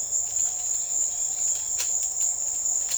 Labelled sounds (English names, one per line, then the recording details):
none
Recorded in secondary vegetation near Puerto Asís, Putumayo, Colombia, on 13 March 2025 at 16:00
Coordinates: 0.488, -76.319
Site G095